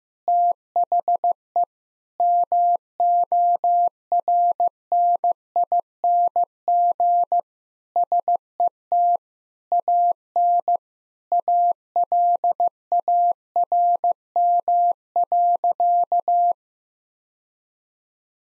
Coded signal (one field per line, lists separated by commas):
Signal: Morse code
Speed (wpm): 15 wpm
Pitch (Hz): 700 Hz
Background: none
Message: THE MORNING SET AN ALARM.